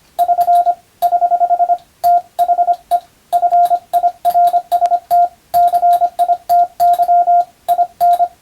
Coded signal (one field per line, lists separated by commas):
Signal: Morse code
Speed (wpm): 25 wpm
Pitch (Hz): 700 Hz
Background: radio noise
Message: <SN> <HH> THE FIRST CITY IN